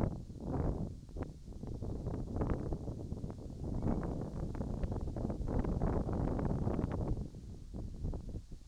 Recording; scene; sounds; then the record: everyday scene through a hearing-aid microphone; wind on the microphone; wind, whistling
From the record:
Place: in front of a rural house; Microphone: in the ear canal, right